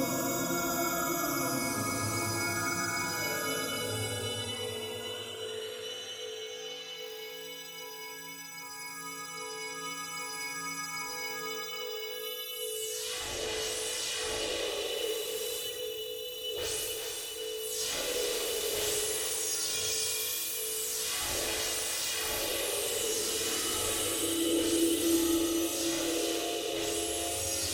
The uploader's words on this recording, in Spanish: Experimental octaphonic composition made with soundscapes of different elements of Nature combined with the sound produced by two synthesizers - RSF KOBOL & MODULAR NORD G2 - provided by the Phonos Foundation (UPF). The field recordings of this piece were made in different cities around the world. Paisajes sonoros de diferentes elementos de la Naturaleza combinados con la sonoridad producida de dos sintetizadores.